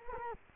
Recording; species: mosquito wingbeat signal from an infrared sensor; Culex quinquefasciatus